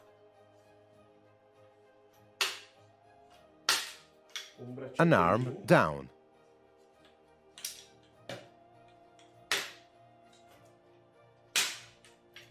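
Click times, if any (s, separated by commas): 9.5 s, 11.6 s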